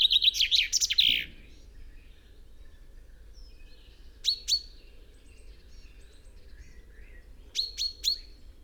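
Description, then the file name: Common chaffinch finishing a song, followed by two separate groups of short, sharp call notes. "Fringilla coelebs"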